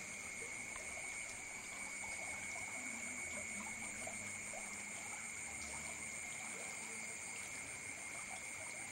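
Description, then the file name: Insects keep up a continuous high-pitched ringing chorus over a soft water-like trickle. Recorded at night in Ubud, with water sounds alongside the insects. "Bruits-deau-et-dinsectes-dans-la-nuit-d Ubud"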